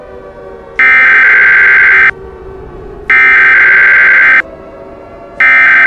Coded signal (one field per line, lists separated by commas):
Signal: Emergency Alert System (SAME) tones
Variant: header bursts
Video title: EAS Scenario: Yukina Part 4